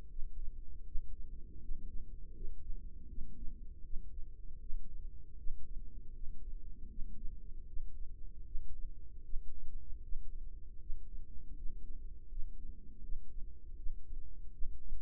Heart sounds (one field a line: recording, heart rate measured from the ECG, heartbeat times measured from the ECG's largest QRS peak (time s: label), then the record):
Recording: heart sounds by microphone in the left ear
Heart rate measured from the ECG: 79 bpm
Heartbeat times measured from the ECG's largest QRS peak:
0.08 s: heartbeat
0.84 s: heartbeat
1.60 s: heartbeat
2.34 s: heartbeat
3.07 s: heartbeat
3.82 s: heartbeat
4.59 s: heartbeat
5.36 s: heartbeat
6.13 s: heartbeat
6.88 s: heartbeat
7.66 s: heartbeat
8.44 s: heartbeat
9.22 s: heartbeat
10.01 s: heartbeat
10.79 s: heartbeat
11.55 s: heartbeat
12.28 s: heartbeat
13.01 s: heartbeat
13.75 s: heartbeat
14.51 s: heartbeat
From the record:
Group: healthy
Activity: rest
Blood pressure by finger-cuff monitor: 156/107 mmHg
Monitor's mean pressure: 124 mmHg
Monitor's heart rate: 80 bpm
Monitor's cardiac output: 4.5 L/min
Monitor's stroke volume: 57 mL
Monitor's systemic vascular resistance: 2090 dyn s/cm5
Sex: female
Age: 51 years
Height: 162 cm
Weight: 70.04 kg